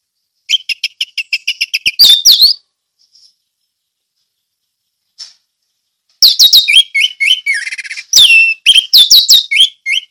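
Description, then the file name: Orange-headed thrush singing a rapid series of even, evenly spaced high notes, then long runs of varied whistles, trills and sharp sweeps after a pause. Sung in the ngeplong song style. "anis merah ngeplong"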